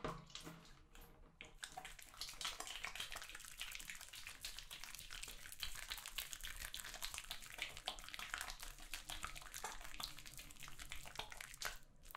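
Running water at a hair salon shampoo basin hisses steadily, thick with rapid splashes and spatters as the water hits hair and sink. After a softer first two seconds the flow stays dense and even, with a low hum underneath, easing briefly at the end.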